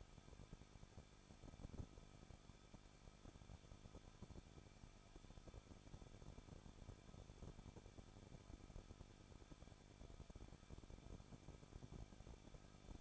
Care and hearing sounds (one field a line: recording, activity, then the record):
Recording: daily activity, microphone in the room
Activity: no activity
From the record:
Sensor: 5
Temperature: 20.8 degrees Celsius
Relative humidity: 38.4%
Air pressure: 1006.4 hPa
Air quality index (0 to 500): 189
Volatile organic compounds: 19 ppm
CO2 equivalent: 2668 ppm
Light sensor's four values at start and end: 2/3/1/1 and 2/3/1/1